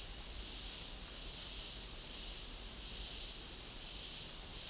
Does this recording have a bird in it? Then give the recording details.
no. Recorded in dense forest near Puerto Asís, Putumayo, Colombia, on 20 February 2024 at 09:30. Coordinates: 0.500, -76.322. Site G6465